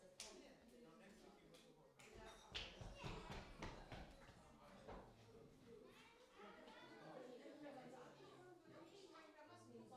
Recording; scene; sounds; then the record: everyday scene through a hearing-aid microphone; many people talking; footsteps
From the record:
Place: parish hall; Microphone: in the ear canal, left